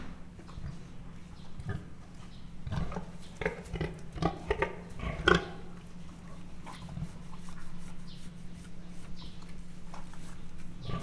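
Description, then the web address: Mangalica pig uttering scattered low grunts and a few sharper snorts amid shuffling and rustling noises. Standard Mangalica pig, captive in a zoo at Miskolc, recorded in 2009, grunting and snorting. "miskolcizoo 2009 standardt mangalica rofoges horkantas"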